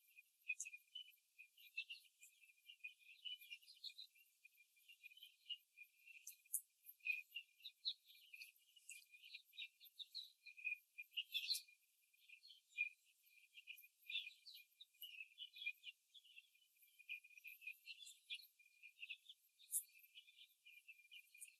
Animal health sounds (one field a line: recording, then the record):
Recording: young laying hens in a cage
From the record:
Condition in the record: before the stressor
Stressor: simulated dog barking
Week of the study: 3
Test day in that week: 2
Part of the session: 1